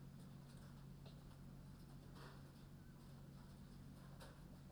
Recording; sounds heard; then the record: poultry house recording; no chicken sound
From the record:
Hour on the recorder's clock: 21